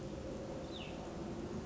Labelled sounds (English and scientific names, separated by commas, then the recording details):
Cassin's Vireo (Vireo cassinii)
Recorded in Sonoma County, California